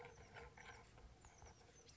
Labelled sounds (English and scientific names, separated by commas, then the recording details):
Oak Titmouse (Baeolophus inornatus)
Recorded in Sonoma County, California